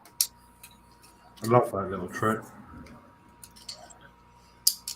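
A small metal screw is turned backwards in a threaded hole in a plastic/metal Leopard 2A6 scale model tank part (Pack 8, stages 67–69) until its thread drops into place with a sharp click at 0.2 s. Someone then talks, followed by a few more faint ticks and sharp clicks near the end. The click confirms that the screw has found its thread and is seated.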